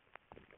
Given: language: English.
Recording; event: throat vibration sensor signal played as sound; swallow